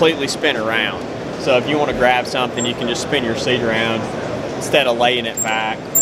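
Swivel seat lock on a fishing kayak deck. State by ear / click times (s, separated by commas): not seated / none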